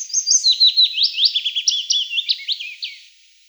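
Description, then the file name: Willow warbler singing one full phrase of rapid, gently falling whistled notes that tails off softly after three seconds. "Penochka vesnichka"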